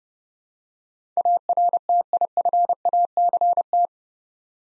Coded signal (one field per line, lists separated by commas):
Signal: Morse code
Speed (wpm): 28 wpm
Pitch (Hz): 700 Hz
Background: none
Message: ARTIFACT